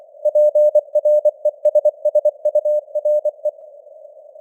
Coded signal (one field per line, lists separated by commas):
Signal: Morse code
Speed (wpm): 24 wpm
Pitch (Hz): 600 Hz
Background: none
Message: PRESSURE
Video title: Morse Code News | 2025-12-23 | 24wpm